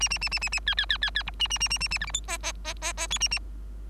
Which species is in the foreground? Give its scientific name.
Lonchura striata domestica